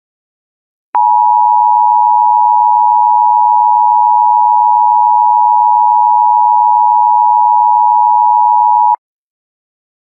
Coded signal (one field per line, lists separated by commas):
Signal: Emergency Alert System (SAME) tones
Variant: 853 and 960 Hz attention tone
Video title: (ARCHIVED) Murder Like Drones: An EAS Scenario.